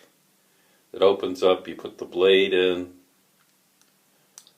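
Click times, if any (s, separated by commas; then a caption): 4.4 s. Someone talks, and after a short pause a plastic razor's cover snaps shut over the blade in its plastic razor head, with a sharp click at 4.4 seconds. The blade is seated and the cover is closed.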